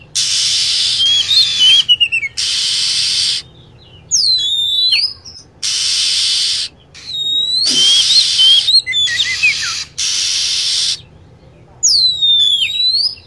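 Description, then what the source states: Lovebird calls: shrill, whistled notes sweeping sharply up and down, alternating with long bursts of loud, broad hissing that stop and start every couple of seconds. Lure sound used to attract lovebirds.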